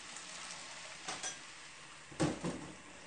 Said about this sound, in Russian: Однажды, к тому времени Мэри исполнилось 8 лет, мама мыла на кухне посуду.